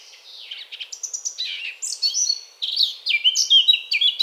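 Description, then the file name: Eurasian blackcap song, a fast varied warble of scratchy twitters that gives way to clearer whistled notes toward the end. "Sylvia atricapilla"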